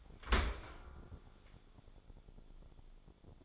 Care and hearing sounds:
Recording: daily activity, microphone in the room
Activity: open dishwasher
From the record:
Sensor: 5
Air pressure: 1015.1 hPa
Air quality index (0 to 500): 137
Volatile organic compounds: 3 ppm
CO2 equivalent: 1472 ppm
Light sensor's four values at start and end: 37/88/36/39 and 37/89/36/40

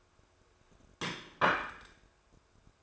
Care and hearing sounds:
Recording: daily activity, microphone in the room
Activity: place plate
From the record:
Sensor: 2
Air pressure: 1004.2 hPa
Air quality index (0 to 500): 190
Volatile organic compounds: 11 ppm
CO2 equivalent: 2273 ppm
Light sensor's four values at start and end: 4/9/3/3 and 4/9/3/3

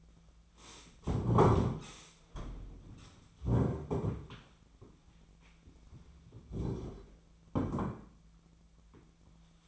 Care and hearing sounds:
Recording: daily activity, microphone in the room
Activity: stand up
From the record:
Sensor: 1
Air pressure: 1008.2 hPa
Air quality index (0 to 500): 192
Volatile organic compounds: 17 ppm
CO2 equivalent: 2597 ppm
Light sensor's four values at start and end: 15/37/15/17 and 14/35/14/16

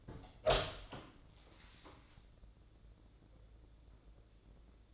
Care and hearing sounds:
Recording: daily activity, microphone in the room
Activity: open door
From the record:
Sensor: 3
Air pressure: 1012.3 hPa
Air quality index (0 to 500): 175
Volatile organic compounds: 3 ppm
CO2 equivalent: 1337 ppm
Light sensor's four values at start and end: 599/1489/617/634 and 600/1491/618/635

